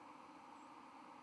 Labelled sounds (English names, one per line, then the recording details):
White-throated Sparrow flight call
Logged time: 02:38 on 31 October 2014